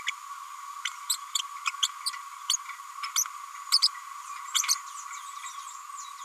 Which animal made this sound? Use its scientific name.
Forpus passerinus